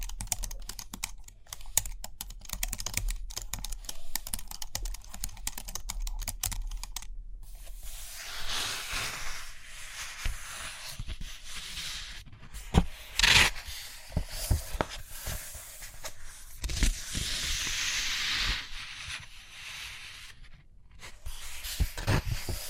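Quick, dense tapping fills the first seven seconds, a rapid clatter of small clicks. After that come longer brushing and rustling sweeps, like pages turning or a pen scratching, with scattered sharp taps and short pauses through to the end.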